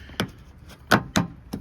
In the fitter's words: You'll hear it snap